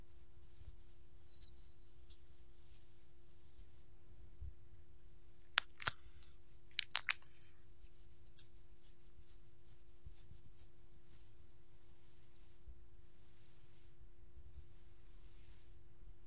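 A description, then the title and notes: A dog being petted, with soft scratching and a few sharp licking or chewing clicks clustered around six to seven seconds, then lighter ticks scattered through the rest. A steady low hum and faint rumble run underneath throughout. ASMR Petting My Dog - Scratching, Licking, and Eating Sounds.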